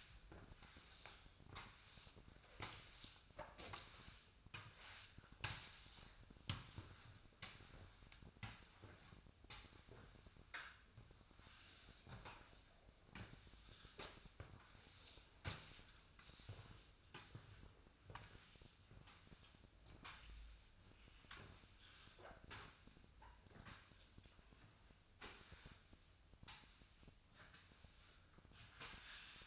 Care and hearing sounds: daily activity, microphone in the room; sweep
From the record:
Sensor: 2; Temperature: 24.0 degrees Celsius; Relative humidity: 35.5%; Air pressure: 1004.6 hPa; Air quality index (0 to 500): 91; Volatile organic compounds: 2 ppm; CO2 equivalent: 1097 ppm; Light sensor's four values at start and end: 6/15/6/6 and 6/15/6/6

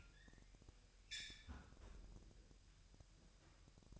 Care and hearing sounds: daily activity, microphone in the room; close fridge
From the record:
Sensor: 2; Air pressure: 1001.8 hPa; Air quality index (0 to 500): 249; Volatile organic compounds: 37 ppm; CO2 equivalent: 3104 ppm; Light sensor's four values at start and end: 8/28/11/10 and 8/28/11/10

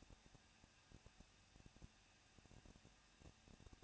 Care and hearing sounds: daily activity, microphone in the room; no activity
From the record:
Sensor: 2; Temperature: 21.0 degrees Celsius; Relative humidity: 37.3%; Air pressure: 1006.4 hPa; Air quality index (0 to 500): 220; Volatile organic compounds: 23 ppm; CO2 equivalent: 2774 ppm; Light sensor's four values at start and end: 2/3/2/2 and 2/3/2/2

